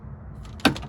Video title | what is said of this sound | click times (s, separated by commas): How to install 5th Gen Zl1 Camaro led light upgrades ijdmtoy.com /alla lighting | slide it in it snaps in place | 0.7 s